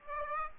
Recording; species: mosquito wingbeat signal from an infrared sensor; Aedes aegypti